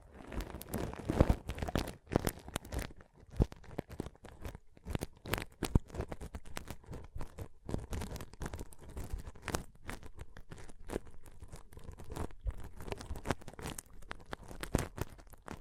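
Pom poms are squished and rustled, giving a dense, continuous run of crisp crinkling and crackling across the whole sixteen seconds. The rapid, irregular ticks come in quick flurries with brief softer gaps, and a few sharper snaps stand out near the start.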